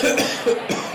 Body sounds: coughing mixed with background sound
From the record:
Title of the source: Spring Cold Coughing 3

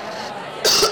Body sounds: coughing mixed with background sound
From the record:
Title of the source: November cold (wet coughing)

